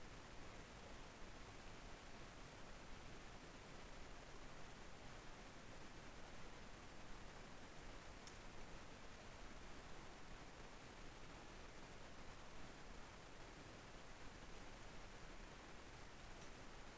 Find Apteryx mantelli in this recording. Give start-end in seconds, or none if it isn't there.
none